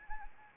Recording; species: mosquito wingbeat signal from an infrared sensor; Anopheles arabiensis